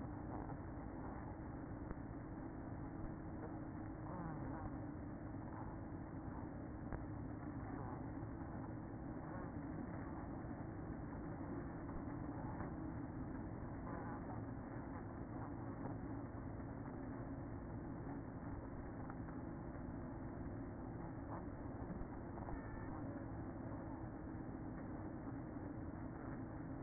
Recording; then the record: honeybee colony, microphone inside the hive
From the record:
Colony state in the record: queen present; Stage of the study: after two queens were removed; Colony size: about 60,000 bees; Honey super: yes